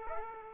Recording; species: mosquito wingbeat signal from an infrared sensor; Aedes aegypti